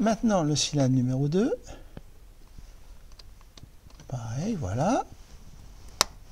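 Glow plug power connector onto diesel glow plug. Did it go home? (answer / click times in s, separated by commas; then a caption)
yes / 6.0 s. The power connector for the cylinder 2 glow plug is pushed home onto the diesel glow plug of an Opel/Vauxhall 1.6 CDTI engine. Someone talks. After some faint handling ticks, one sharp click at 6.0 s confirms that the connector has seated.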